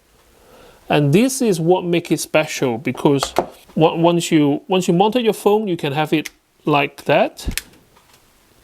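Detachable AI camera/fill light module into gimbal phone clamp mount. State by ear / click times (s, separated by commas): not seated / none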